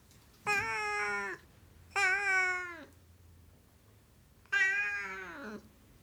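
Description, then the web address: Siamese cat giving three drawn-out meows, each strong and harmonic, falling slightly at the end. "BBC Sound Effects Library. Siamese Cat Meowing"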